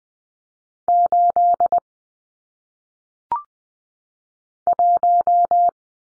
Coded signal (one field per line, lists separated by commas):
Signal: Morse code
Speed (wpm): 20 wpm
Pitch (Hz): 700 Hz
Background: none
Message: 8 1